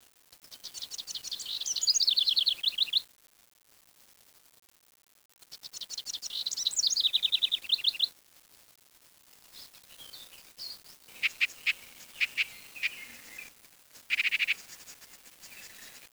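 Bird song: two high, rapid bursts of notes, each a few seconds long, separated by a pause, followed by scattered sharp chips and a short burst.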